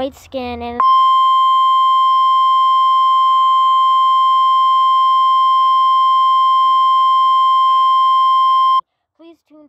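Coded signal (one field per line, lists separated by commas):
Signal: Emergency Alert System (SAME) tones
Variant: 1050 Hz attention tone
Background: speech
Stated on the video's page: Fictional EAS about a killer named Dennis.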